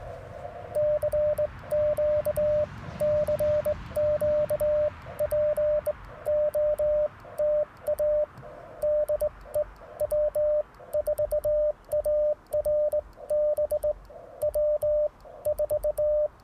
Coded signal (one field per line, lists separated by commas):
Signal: Morse code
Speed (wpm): 20 wpm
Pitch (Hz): 590 Hz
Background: radio noise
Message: CQ CQ POTA DE W4ARB W4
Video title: Cootie Key QRP CW! 2/3/24 @ Tuskegee National Forest K-4451